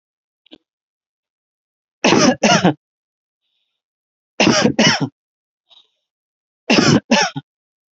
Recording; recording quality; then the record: heavy voluntary cough; excellent, no background noise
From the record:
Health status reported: healthy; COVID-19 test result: negative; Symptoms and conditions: none ticked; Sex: male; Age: 30 years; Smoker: not ticked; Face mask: worn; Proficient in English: yes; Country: United States